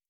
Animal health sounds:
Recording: hydrophone in a shrimp aquaculture tank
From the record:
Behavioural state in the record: stressed

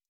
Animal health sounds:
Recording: hydrophone in a shrimp aquaculture tank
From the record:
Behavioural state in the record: stressed

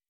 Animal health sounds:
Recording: hydrophone in a shrimp aquaculture tank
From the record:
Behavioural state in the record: weakened

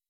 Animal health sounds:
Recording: hydrophone in a shrimp aquaculture tank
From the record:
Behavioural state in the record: weakened

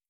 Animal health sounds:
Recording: hydrophone in a shrimp aquaculture tank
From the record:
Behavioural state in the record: starved

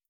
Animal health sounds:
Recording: hydrophone in a shrimp aquaculture tank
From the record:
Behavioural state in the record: starved

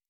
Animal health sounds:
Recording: hydrophone in a shrimp aquaculture tank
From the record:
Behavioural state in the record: normal

